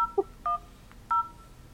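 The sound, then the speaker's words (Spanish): Telephone keypad tones beep in a short sequence as someone dials a phone call: a quick low blip followed by two steady, higher dual-pitched key presses spaced about half a second apart, with no talking. “porque yo voy a intentarlo ahora mismo y te voy a decir ahora lo que me pasa a mí cuando llamo yo por teléfono, ¿vale?”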